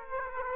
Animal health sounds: mosquito wingbeat signal from an infrared sensor; Aedes aegypti

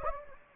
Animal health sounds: mosquito wingbeat signal from an infrared sensor; Anopheles gambiae

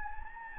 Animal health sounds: mosquito wingbeat signal from an infrared sensor; Anopheles gambiae

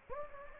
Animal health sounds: mosquito wingbeat signal from an infrared sensor; Anopheles gambiae

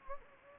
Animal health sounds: mosquito wingbeat signal from an infrared sensor; Anopheles gambiae

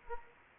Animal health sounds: mosquito wingbeat signal from an infrared sensor; Anopheles arabiensis

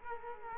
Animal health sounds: mosquito wingbeat signal from an infrared sensor; Culex quinquefasciatus

